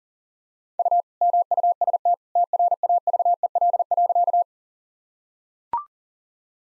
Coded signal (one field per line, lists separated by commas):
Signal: Morse code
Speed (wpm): 40 wpm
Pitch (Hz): 700 Hz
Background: none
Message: U MUST TRAVEL.